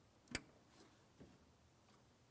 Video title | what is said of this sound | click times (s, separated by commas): How to Replace Headlight High Beam Bulbs 2007-2014 Ford Edge | After an audible click, just a light tug, confirming it's properly secured in place. | 0.3 s